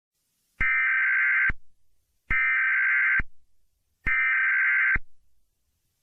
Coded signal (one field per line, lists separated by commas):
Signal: Emergency Alert System (SAME) tones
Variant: header bursts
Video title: [Part 1/2] EAS Scenario/Mock #11 - Witherstorm Attacks (4th of July Special)